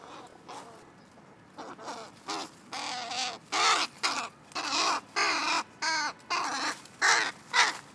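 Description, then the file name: Carrion crow giving a series of harsh, hoarse caws, roughly every half second with brief gaps. "Corvus corone"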